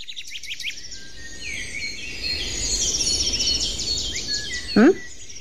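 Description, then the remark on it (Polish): Several birds sing and chirp nonstop in a forest, overlapping high trills and tweets over a low steady rumble, with one brief louder rising call near the end. “Można się wybrać do lasu, posłuchać ptaków,”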